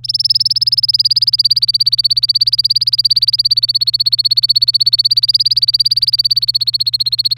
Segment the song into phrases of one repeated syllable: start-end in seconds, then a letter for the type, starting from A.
0.04-7.37 A